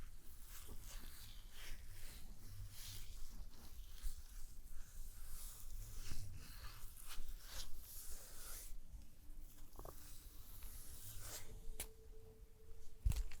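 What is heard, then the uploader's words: Soft rubbing and squishing sounds from a spa stone treatment, with constant bright swishes, a low rumble, and a brief tone near the end. ASMR The BEST Stone SPA Treatment Spa Therapist Pampering You (Layered sounds & No Talking).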